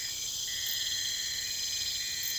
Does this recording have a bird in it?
no